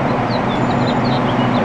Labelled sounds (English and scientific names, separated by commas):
House Finch (Haemorhous mexicanus) song